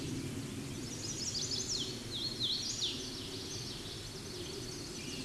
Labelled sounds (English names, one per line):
Hooded Warbler song